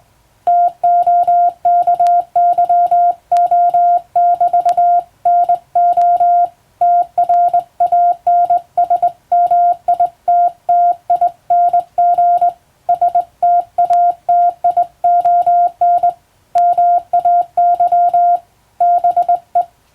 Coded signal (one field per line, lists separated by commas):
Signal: Morse code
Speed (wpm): 21 wpm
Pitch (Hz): 700 Hz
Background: music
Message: TOKYO<BT>NO TRANSMITTING STATION MAY BE